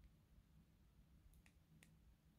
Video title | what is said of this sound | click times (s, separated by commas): Changing your Bernafon Viron speaker wire | you hear it click and the speaker wires pushed out so | 1.5 s, 1.8 s